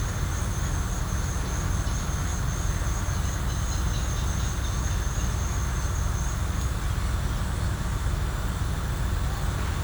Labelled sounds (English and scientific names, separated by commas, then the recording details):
none
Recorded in pastures near Puerto Asís, Putumayo, Colombia, on 20 December 2024 at 11:30
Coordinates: 0.466, -76.322
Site G040